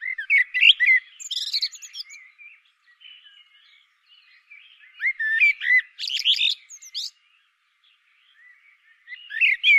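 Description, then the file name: Common blackbird song: several fluted, warbling phrases that break into high squeaky flourishes, with quieter twittering between them. "Turdus merula"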